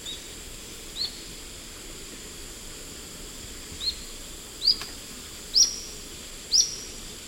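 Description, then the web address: Olive-faced Flatbill repeating quick high chips, spaced unevenly at first then close together near the end, with a high insect whine behind. Recorded in the eastern lowlands of South America. "Nature Songs S America Eastern Lowlands. Olive-faced Flatbill"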